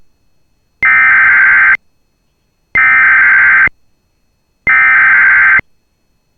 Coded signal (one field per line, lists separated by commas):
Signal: Emergency Alert System (SAME) tones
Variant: header bursts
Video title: [EAS Compilation] Minnesota Statewide Severe Thunderstorm Madness! July 14 2023 Severe Outbreak